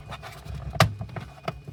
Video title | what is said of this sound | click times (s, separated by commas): The Best Dash Camera for a Mazda KBSYNT 4K Dash Cam for Mazda CX-5 & CX-9 2018-2025 | clip it together until you hear it snap. | 0.8 s